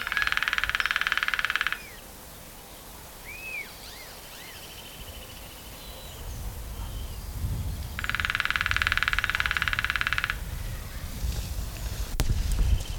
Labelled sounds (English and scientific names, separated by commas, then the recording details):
Lesser Spotted Woodpecker (Dendrocopos minor) drumming
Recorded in the wild
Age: adult
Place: Summt, Brandenburg, DE
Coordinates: 52.695, 13.3594
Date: 1985-04-05 12:42
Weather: sonnig, ca. 24°C
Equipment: Nagra SN, Kopie Uher 4000 Report Monitor
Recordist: Tembrock, Günter